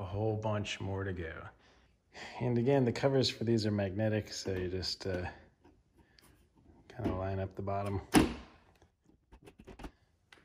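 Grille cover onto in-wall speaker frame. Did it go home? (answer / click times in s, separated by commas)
yes / 10.3 s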